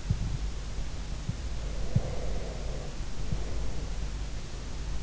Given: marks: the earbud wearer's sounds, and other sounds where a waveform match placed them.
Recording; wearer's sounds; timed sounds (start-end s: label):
sounds in sleep by an in-ear microphone; breath
1.73-3.88 s: breath